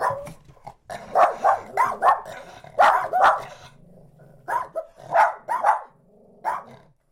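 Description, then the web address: Dogs barking in quick, sharp bursts, several close together, with a low rumbling growl running beneath and between the barks. Small dogs barking and growling. "chienspetitsaboiementsgrognements"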